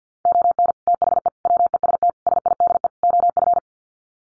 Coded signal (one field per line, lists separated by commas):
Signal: Morse code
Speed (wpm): 50 wpm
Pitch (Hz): 700 Hz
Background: none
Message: ON THE WEST SIDE OF